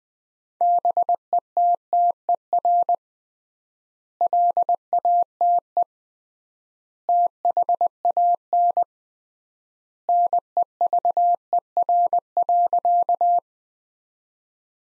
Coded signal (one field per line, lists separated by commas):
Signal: Morse code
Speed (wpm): 21 wpm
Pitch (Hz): 700 Hz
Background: none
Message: BETTER LATE THAN NEVER.